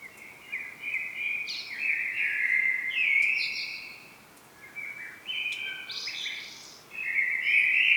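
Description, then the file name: Common blackbird: near-continuous tonal calling with stepped, wavering notes, a short dip in the middle, then louder notes again toward the end. "Turdus merula"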